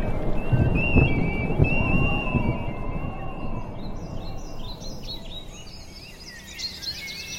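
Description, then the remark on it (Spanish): Birds in the Aguaragüe whistle and sing, with a long steady whistled note and then clusters of quick high chirps, all over a constant low rumbling background noise. “Aquí el eco del aguarado y los sonidos que hay son los silbidos de los pájaros, los cantidos de cada ave que uno escucha, ¿no?”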